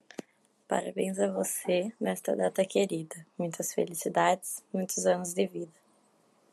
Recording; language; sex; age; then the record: short text; Brazilian Portuguese; female; 18 to 19 years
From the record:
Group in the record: control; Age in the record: 19 years